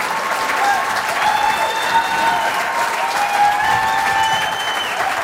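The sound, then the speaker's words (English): A large audience claps steadily and loudly for about five seconds for the star of the show, a dense wash of hand claps with a few thin, high whistles cutting through. “Ladies and gentlemen, at this time, the star of our show, and how about a great big round of applause?”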